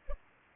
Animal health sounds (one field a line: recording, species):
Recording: mosquito wingbeat signal from an infrared sensor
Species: Culex pipiens